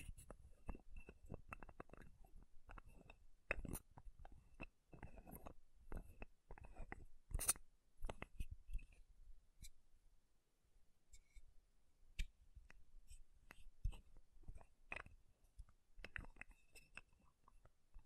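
Makeup being tapped and scratched: a steady run of short, sharp taps and clicks, irregular but frequent, with brief scratchy bursts between them. Loudest hits land around 3.5, 7.5 and 12 seconds, and the pace thins out briefly near 10 seconds.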